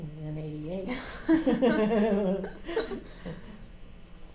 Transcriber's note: laughter